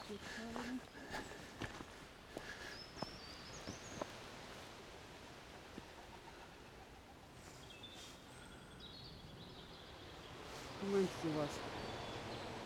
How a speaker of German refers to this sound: Habt ihr das gehört? Das waren, ja, ich glaube ja, das war kein Windstoß oder so. Das war ein Schwarm Enten und dann noch ein Schwarm Enten oder Gänse. Auf jeden Fall Vögel. Und die gackerten so ein bisschen so wie Gänse.